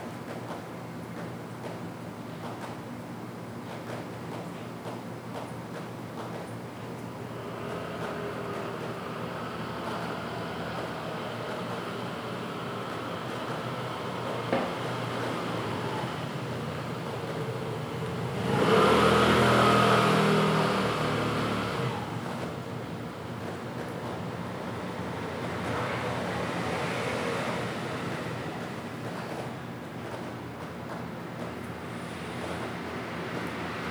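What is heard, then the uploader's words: Night city ambience in PingTung, Taiwan: a steady low hum with a passing vehicle swelling loudly around 19 seconds and another near 27. When the city slowly falls asleep. PingTung, Taiwan.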